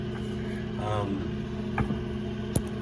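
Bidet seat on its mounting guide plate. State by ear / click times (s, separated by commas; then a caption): seated / 2.6 s. A SmartWhale Cleanslet-2 heated bidet toilet seat is slid onto its plastic guide plate after the plate has been tightened, and a sharp click at 2.6 s shows it seated in place. Someone talks briefly, with a steady low hum underneath and a smaller knock around 1.8 s.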